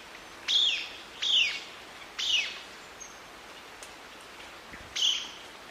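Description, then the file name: Black-capped foliage-gleaner song: four loud, sharp notes, the first three dropping in pitch and roughly a second apart, the last after a longer pause, with a soft hiss between them. "canto do limpa folha coroado"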